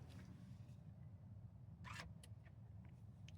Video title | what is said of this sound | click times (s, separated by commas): 2020 Hyundai Kona Electric Review in 2025 - I'm still glad I bought this EV! | you can hear it locked | 3.3 s